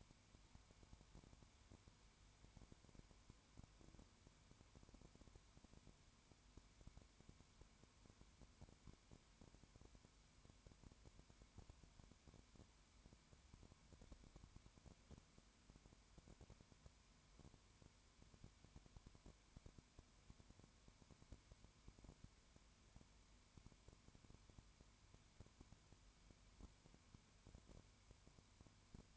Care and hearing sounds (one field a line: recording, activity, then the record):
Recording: daily activity, microphone in the room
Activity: no activity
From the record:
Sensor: 2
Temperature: 20.0 degrees Celsius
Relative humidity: 32.1%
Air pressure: 1001.1 hPa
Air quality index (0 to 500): 55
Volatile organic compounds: 1 ppm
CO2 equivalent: 603 ppm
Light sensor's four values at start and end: 2/3/2/2 and 2/3/2/2